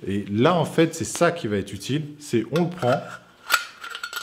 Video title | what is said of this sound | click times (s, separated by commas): Construire sa Maison ép118, RACCORDER 2 FOURRURES | Là, c'est clipsé. Si vous regardez, là, il est clipsé. | 3.5 s